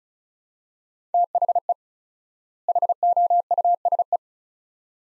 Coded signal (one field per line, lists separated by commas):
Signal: Morse code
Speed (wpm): 34 wpm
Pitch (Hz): 700 Hz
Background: none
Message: THE HOUSE